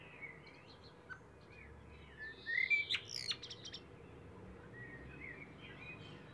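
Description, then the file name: Eurasian blackbird giving a brief, quiet phrase of fluty notes and high squeaky twitters over a steady background hiss, with a few faint notes before and after. "Turdus merula"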